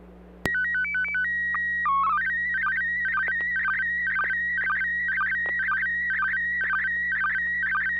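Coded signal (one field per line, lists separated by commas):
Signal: SSTV (slow-scan television)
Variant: PD 120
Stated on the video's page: SSTV images exchanged on a weekly amateur net via an FM repeater on 441.300 MHz in Sacramento, sent with MMSSTV software.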